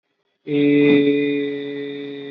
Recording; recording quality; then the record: sustained vowel as in made; excellent, no background noise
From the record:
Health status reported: recovered from COVID-19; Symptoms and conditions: none ticked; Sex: male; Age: 25 years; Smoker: not ticked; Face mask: worn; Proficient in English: yes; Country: India